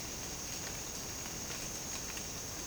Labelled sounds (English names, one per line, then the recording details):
none
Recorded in secondary vegetation near Puerto Asís, Putumayo, Colombia, on 12 March 2025 at 07:30
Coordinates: 0.485, -76.322
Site G040